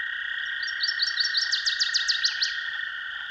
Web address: Dan Gibson's Solitudes Songbirds Northern Waterthrush